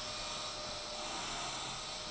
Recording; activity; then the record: daily activity, microphone in the room; vacuum cleaning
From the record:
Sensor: 5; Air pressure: 999.4 hPa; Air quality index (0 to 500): 226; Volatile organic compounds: 23 ppm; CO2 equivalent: 2768 ppm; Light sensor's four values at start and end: 34/79/32/30 and 34/79/32/30